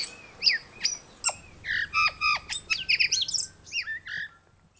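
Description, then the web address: Tui giving a jumble of whistles, clicks and twanging glides in quick succession, with short pauses between phrases before the sequence fades. In New Zealand. "BIRD NOTE. Tui of New Zealand"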